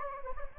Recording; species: mosquito wingbeat signal from an infrared sensor; Anopheles gambiae